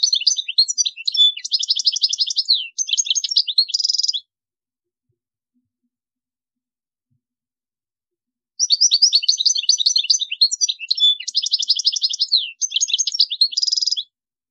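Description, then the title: European goldfinch song: two long phrases of rapid tinkling twitters mixed with buzzy trills, separated by a silence of about four seconds. "Chant Chardonneret"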